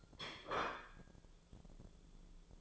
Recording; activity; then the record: daily activity, microphone in the room; place plate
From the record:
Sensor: 5